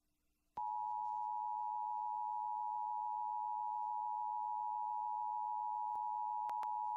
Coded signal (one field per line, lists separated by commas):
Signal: Emergency Alert System (SAME) tones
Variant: 853 and 960 Hz attention tone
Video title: Florida Monthly Test on WWRZ (11/20/2024) (EAS #152)